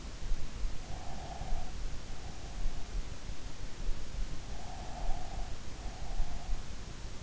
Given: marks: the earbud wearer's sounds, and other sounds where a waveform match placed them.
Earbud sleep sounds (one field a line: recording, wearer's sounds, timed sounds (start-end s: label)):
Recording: sounds in sleep by an in-ear microphone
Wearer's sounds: breath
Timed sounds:
0.81-2.88 s: breath
4.63-6.76 s: breath